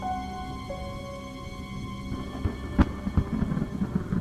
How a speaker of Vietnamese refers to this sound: Tiếng sấm rền vang, từng ánh chớp lóe lên sáng trưng cả bầu trời